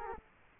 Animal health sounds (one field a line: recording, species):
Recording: mosquito wingbeat signal from an infrared sensor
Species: Culex quinquefasciatus